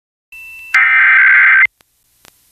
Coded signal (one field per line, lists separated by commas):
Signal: Emergency Alert System (SAME) tones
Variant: header bursts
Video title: Week of 2026-05-17 EAS 814-912 RWT RMT SVR SMW FFW